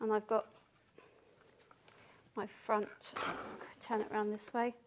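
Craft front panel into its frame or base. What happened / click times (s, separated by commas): The craft front panel is being handled and has not clicked into place yet / none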